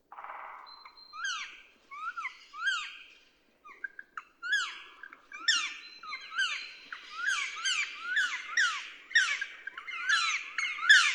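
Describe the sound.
Woodpecker calling with harsh, squeaky downslurred notes, first sparse, then repeated rapidly in quickening chattering bursts that grow louder toward the end.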